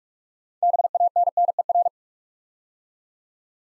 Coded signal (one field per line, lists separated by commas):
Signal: Morse code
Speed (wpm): 44 wpm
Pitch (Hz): 700 Hz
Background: none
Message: BANNER